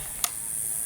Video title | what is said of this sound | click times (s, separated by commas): Safariland Leg holster Review - Good & Bad - Pro and Cons | Well, I can't get it to where it doesn't click. | 0.2 s